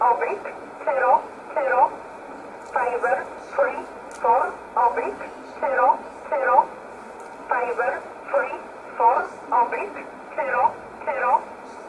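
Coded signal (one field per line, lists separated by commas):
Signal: numbers station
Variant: E11 Oblique, English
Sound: female-like voice reading short words at a steady pace, about 17 in 12 seconds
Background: radio static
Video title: 01 06 2020 E11 Oblique Numbers station in English 0901 on 7449 unknown tx site in USB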